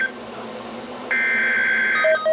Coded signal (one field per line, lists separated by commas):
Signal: Emergency Alert System (SAME) tones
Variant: header bursts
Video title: Flash Flood Warning (EAS Alert #688)